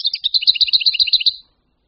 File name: Pěnice-pokřovní